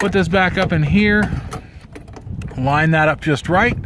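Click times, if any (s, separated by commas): none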